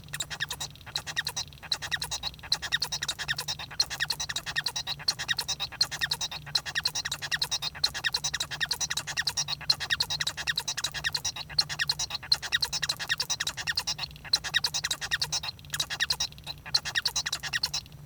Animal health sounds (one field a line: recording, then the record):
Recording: song of a male Bengalese finch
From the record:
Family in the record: son of father 1